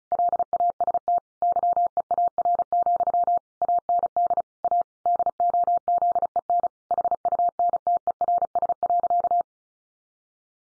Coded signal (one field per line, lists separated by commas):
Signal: Morse code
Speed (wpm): 34 wpm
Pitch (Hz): 700 Hz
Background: none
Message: LAST YEAR, AND A DOZEN HUNTERS.